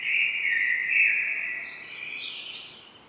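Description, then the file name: Common blackbird singing a single smooth fluted phrase that turns into a high thin squeaky flourish before fading. "Turdus merula"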